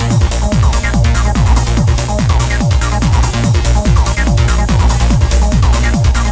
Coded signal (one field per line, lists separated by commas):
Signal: none